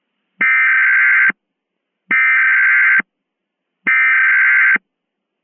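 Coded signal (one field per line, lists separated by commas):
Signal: Emergency Alert System (SAME) tones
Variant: header bursts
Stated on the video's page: Mock Emergency Alert System alert using valid EAS tones, loud at the end.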